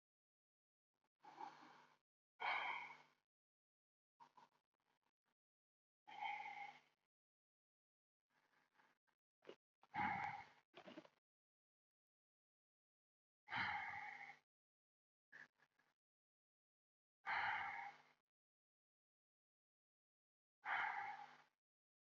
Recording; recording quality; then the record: shallow breathing; excellent, no background noise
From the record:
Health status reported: healthy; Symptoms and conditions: none ticked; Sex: male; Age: 36 years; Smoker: not ticked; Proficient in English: yes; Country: India